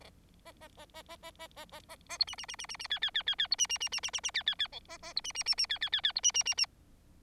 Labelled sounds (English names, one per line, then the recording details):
Bengalese Finch song
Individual Bird4